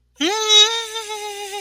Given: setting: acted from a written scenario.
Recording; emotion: vocal sound without words; elation